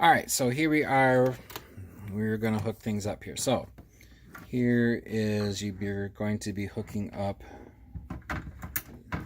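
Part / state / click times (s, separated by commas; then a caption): Ethernet cable plug into a router/modem port / seated / 8.8 s. Someone talks while an Ethernet cable plug is pushed into a port on a modem/router. A few soft handling taps come near the end, then a sharp click at 8.8 seconds as the plug seats in the port.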